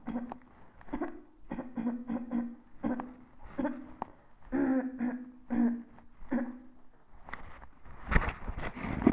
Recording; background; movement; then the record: throat clearing; quiet; sitting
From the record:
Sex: female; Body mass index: 36.4 kg/m2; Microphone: on the chest, facing the body